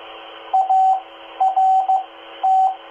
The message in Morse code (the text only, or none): ART